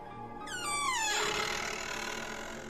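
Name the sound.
door creaking open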